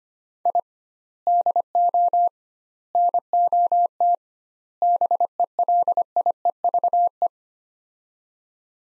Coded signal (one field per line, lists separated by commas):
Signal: Morse code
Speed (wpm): 25 wpm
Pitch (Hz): 700 Hz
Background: none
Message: I DO NOT BELIEVE